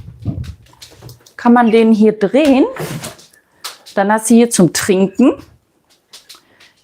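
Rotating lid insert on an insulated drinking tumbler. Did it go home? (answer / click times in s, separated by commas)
yes / 6.3 s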